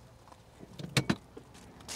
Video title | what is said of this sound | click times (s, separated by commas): Bilen til når du ENDELIG får SUCCES som fortjent – Mercedes GLS 400D (2020) | Og når så sædet det kommer ned og låser, giver et lille klik, | 1.0 s